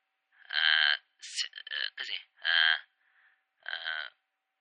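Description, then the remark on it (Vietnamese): A voice imitates a telephone sound with a series of buzzy, nasal tones and some choppy syllables in between, repeated several times in short, fairly loud bursts with brief pauses. “Còn đây là cái âm thanh quen thuộc. Âm thanh điện thoại.”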